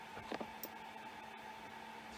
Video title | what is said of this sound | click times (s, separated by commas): Snapmaker Tool Changes: Fusion 360 3D Relief Milling | push it in there so that you hear a snap just | 0.3 s, 0.6 s